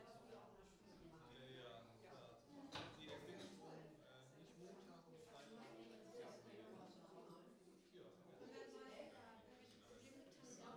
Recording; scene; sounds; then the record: everyday scene through a hearing-aid microphone; many people talking; many voices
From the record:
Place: parish hall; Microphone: in the ear canal, right